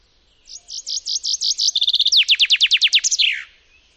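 Common chaffinch song, one complete phrase: a series of high chipping notes, a quick rattling trill, then loud descending strokes closing with a downward flourish.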